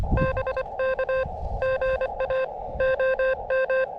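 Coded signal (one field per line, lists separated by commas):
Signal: Morse code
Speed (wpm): 24 wpm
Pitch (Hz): 520 Hz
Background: none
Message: BK GA OM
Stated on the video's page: Morse from a park activation with a portable transceiver and compact antenna attached to the radio; signals weaker.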